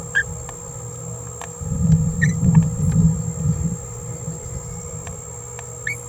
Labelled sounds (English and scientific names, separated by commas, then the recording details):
Green-rumped Parrotlet (Forpus passerinus) babbling
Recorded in a nest box in Venezuela
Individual 18B17A4